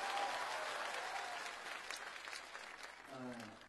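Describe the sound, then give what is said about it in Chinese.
Sustained audience applause for two performers, a dense steady wash of clapping that gradually thins and fades, with a voice starting to speak near the end. “掌声送给两位老师。”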